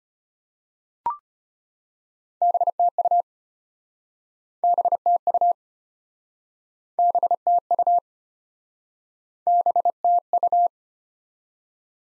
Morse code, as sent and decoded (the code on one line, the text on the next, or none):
-... - ..- / -... - ..- / -... - ..- / -... - ..-
BTU BTU BTU BTU